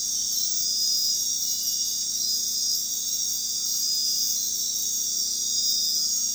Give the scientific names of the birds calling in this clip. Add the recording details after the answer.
none. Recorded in dense forest near Puerto Asís, Putumayo, Colombia, on 21 February 2024 at 00:00. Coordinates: 0.466, -76.327. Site G6413